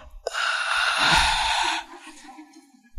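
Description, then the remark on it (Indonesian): A voice imitates a yawn: a long, loud breathy intake that tails off into a low, drawn-out voiced groan sliding downward in pitch, with no talking. “Ibu ini dibisiki sama setan, suruh melihat, sambil nguap.”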